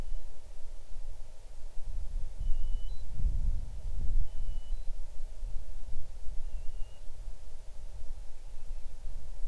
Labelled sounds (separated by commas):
bird